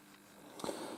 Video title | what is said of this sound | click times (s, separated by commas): AVO Multimeters Repair | that pitch snaps into place really | 0.6 s